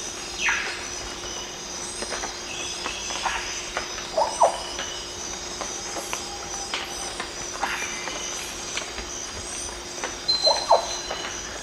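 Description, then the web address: Casqued oropendola calls: varied liquid, gurgling notes, with bright bubbling phrases around four and ten seconds, amid a busy chorus of other sounds. Calls, eastern lowlands of South America. "Natures Songs S America Eastern Lowlands. Clypicterus oseryi, calls"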